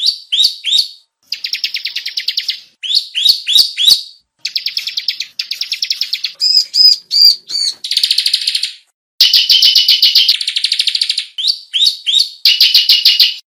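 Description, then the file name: Bar-winged Prinia song mixing fast chirp series with long buzzy, rattling trills and metallic ringing phrases, with only short pauses between them. Ciblek song of the style called 'semi'. "suara burung ciblek semi"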